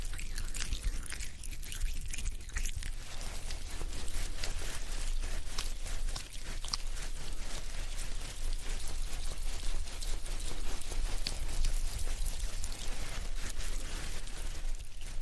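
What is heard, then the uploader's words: Hand lotion massaged between palms makes a dense, steady wet squishing and smacking, with many rapid crackling taps and a low hum underneath. Hand lotion massage.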